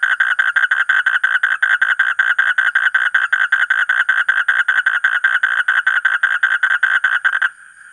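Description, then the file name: Asian common toad calling in a fast, steady series of harsh, buzzy pulses, stopping abruptly near the end. "suara kodok bangkong kolong kodok buduk"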